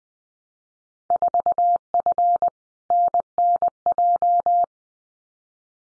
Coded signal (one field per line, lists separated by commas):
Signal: Morse code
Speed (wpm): 20 wpm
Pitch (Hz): 700 Hz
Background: none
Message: 4F NNJ